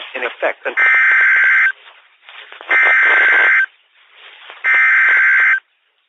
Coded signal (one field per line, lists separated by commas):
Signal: Emergency Alert System (SAME) tones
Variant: header bursts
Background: speech